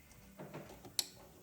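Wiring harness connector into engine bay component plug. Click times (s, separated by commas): 1.0 s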